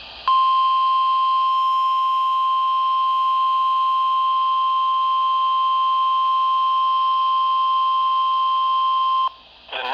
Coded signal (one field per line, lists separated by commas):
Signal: Emergency Alert System (SAME) tones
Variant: 1050 Hz attention tone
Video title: OVERNIGHT HOURS... EAS Alerts from 9/8/21 (EAS# 782-783)